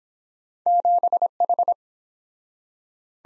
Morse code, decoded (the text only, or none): 7H